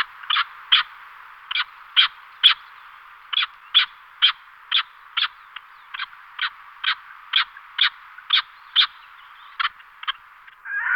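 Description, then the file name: Barbary partridge calling in a steady series of short, harsh clucking notes, about two each second, with a louder rasping sound at the very end. "Orebice berberska Alectoris barbara"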